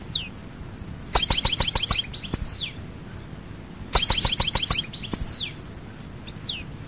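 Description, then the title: European goldfinch song, two bursts of rapid, tinkling twittered notes mixed with sharp downward-slurred whistles. "Chant Chardonneret"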